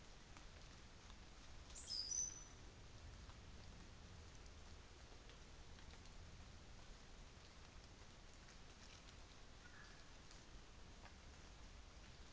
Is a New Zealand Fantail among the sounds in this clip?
no